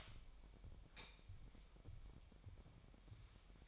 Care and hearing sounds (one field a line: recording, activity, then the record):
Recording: daily activity, microphone in the room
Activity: light on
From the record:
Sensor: 1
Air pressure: 1012.0 hPa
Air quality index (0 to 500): 230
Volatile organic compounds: 6 ppm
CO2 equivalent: 1838 ppm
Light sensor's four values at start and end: 14/34/14/16 and 18/49/20/22